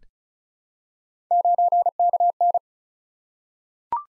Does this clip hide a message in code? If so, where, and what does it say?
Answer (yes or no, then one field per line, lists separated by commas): yes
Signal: Morse code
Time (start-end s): 1.3-2.6 s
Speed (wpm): 36 wpm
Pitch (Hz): 700 Hz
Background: none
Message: 9KN